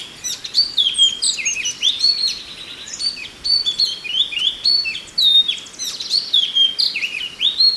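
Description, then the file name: Chinese hwamei pouring out loud, melodious whistles with rising and falling slurs, phrases varied and closely spaced. "suara alam hwamei"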